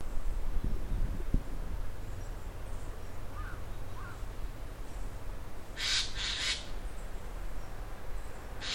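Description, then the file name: Eurasian jay with two hoarse, scratchy screeches in quick succession near the end, after faint low knocks and a couple of soft calls earlier. "kakesu"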